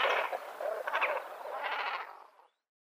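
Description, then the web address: Great cormorant harsh croaking and gargling calls, a rough rattling burst repeated a few times before the sound fades out. "Schulze Peter Great Cormorant"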